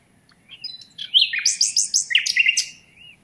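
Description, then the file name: Common nightingale phrase: soft opening notes, then several loud repeated notes, ending in a short soft whistle. "Luscinia megarhynchos"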